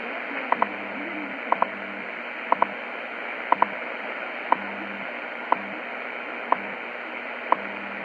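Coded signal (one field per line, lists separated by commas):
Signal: radio time signal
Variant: WWV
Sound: sharp ticks every second, the first four doubled, over hissing static and low hum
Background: radio static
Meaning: Each tick marks one second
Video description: WWV Universal Time Signal Station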